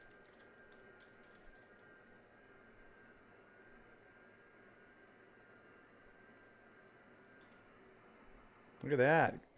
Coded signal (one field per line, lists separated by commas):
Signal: FT8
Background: speech